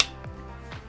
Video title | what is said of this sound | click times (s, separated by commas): Printing food with an Ender 3 pro | will snap on to this threat just snaps into place in | 0.0 s